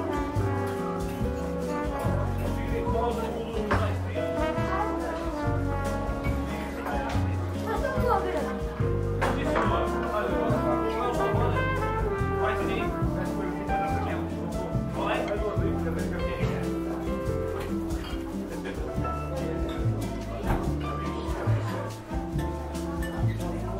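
Seaside cafe ambience with music playing throughout, a low bass line stepping between notes about every half second beneath a busy melody. Voices murmur steadily underneath, and what may be a dog barks now and then. The level stays even for the whole stretch.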